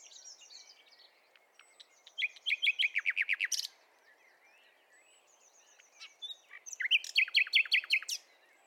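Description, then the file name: Common nightingale singing: two phrases, each a fast run of about ten loud repeated notes, separated by a quiet pause, with faint whistles. "Luscinia megarhynchos"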